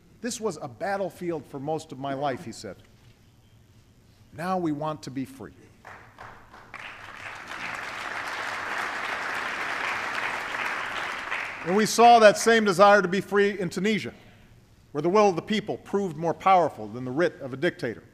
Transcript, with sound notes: “This was a battlefield for most of my life,” he said. “Now we want to be free.” (Applause.) And we saw that same desire to be free in Tunisia, where the will of the people proved more powerful than the writ of a dictator.